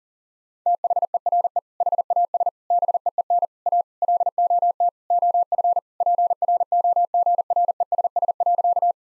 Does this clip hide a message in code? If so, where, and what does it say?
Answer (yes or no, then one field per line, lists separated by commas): yes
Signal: Morse code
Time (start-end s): 0.7-8.9 s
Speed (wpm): 37 wpm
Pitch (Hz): 700 Hz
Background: none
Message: THERE HAS BEEN A LOT OF PROGRESS.